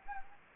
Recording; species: mosquito wingbeat signal from an infrared sensor; Anopheles gambiae